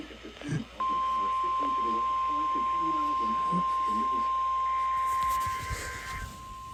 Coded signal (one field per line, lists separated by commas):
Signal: Emergency Alert System (SAME) tones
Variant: 1050 Hz attention tone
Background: speech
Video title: The Minnesota tornado drill 2024 eas 711